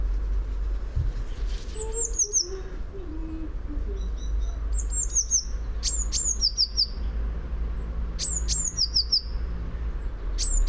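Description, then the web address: Eurasian blue tit: high, clear notes sliding down into a quick tinkling trill, repeated several times, with low background rumble. "fugl b-mejse"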